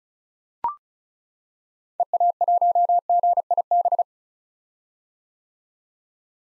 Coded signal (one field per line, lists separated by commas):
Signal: Morse code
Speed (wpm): 34 wpm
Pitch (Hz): 700 Hz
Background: none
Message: EA1GIB